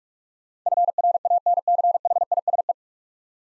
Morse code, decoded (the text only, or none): FRANCHISE